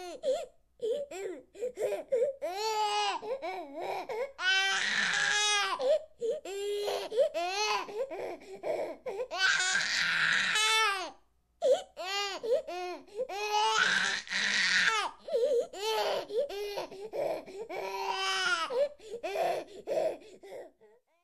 Newborn Baby Crying.